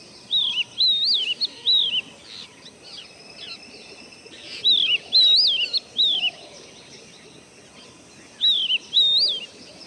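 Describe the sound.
Magpie-robin repeating short phrases of sweet, wavering whistles, three groups throughout, over a low constant hiss.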